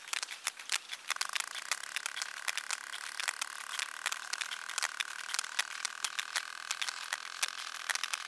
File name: whalesperm